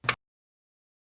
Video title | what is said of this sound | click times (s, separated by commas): Dayco - Tensioner 233 Installation | now rotate the tensioner until the pin mates with its alignment hole you'll hear it click | 0.1 s